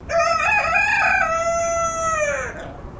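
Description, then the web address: Silkie chicken crowing: one long harmonic-rich cry, rough and wavering at first, then a steady held tone that slides downward and fades after about two and a half seconds. Silkie breed chicken crowing, described as distant. "Sound Effects-Foundation 1 BIRD CHICKEN SILKIE CROW DISTANT"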